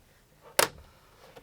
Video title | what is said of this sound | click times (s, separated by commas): Product Review: Jackery Solar Panel | they're powerful magnets that hold this together you can even hear a click shut | 0.6 s